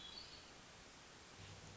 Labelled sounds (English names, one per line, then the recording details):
Hermit Thrush
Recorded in Sonoma County, California